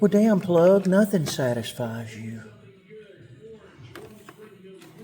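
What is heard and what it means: Someone talks while pushing a greased, re-aligned electrical plug connector toward its mating connector on the snorkel extension wiring of a 2024 Sportsman 1000 XP High Lifter ATV. The voice fades into quieter handling noise with faint ticks near 4.0 and 4.3 seconds. Nothing has seated or clicked yet.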